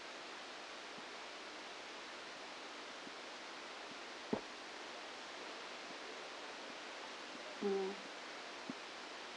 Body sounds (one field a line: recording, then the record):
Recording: brain microelectrode recording played as sound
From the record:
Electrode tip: outside the subthalamic nucleus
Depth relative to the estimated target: -6 mm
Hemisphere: right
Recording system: NeuroSet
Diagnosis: Parkinson's disease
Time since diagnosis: 9 years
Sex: female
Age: 51 years